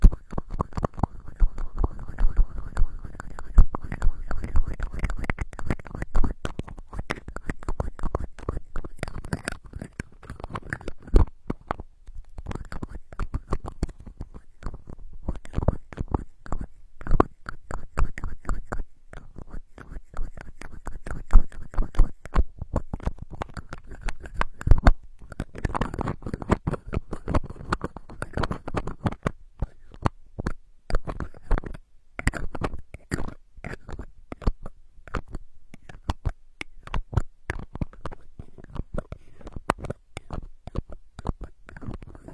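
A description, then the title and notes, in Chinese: Bottle caps are tapped, scratched and twisted in a dense, continuous stream of small clicks and scrapes across the full 42 seconds. The sound stays crisp and busy throughout, with brief pauses near 11 and 24 seconds and sharper, louder taps scattered among softer ones. 多种瓶盖触发音。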